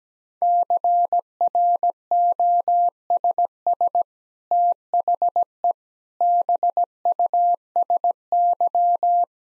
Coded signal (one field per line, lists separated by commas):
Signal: Morse code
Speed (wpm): 17 wpm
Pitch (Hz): 700 Hz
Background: none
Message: CROSS THE BUSY